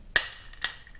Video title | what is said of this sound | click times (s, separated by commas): WBDT episode 4 | you can hear it pop out of look the port of the wheel and there we go | 0.2 s